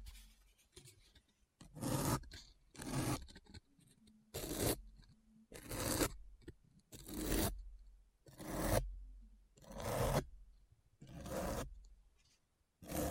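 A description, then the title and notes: Close, deep scratching repeats in bursts of roughly a second, about every one and a half seconds, each stroke rough and rasping from low to very bright. Quiet gaps fall between strokes, with a faint low hum and small taps underneath. ASMR Deep Brain Scratch (No Talking).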